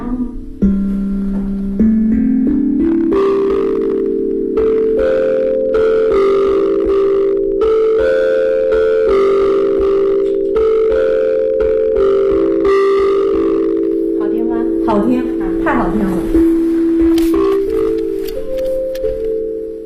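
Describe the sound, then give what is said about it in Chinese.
A steel tongue drum, a traditional Chinese instrument tuned to the five-tone gong-shang-jue-zhi-yu scale and made with tongues of precious-metal steel, plays a slow, sustained melody of ringing, bell-like tones, each note blooming and overlapping with the last, with a few brighter strikes near the end. “叫唐户铜蛇鼓，因为它这个是贵金属的钢蛇片来做的。”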